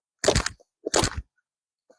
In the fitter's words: push it all the way down until you hear a clicking sound